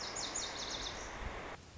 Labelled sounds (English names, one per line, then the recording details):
Lazuli Bunting
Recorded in Sonoma County, California